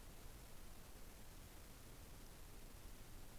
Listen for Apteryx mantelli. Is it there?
no